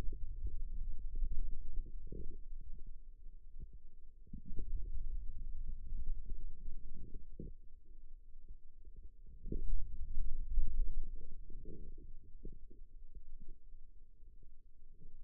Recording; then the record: forearm muscle sounds (acoustic myography)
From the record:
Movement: wrist flexion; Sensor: system 2, bracelet of six BSWA MPA416 microphones around the upper forearm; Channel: 2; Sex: male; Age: 22 years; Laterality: right